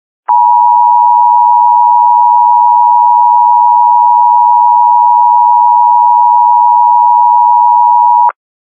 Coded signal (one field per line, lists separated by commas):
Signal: Emergency Alert System (SAME) tones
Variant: 853 and 960 Hz attention tone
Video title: The Year of The End - An EAS Scenario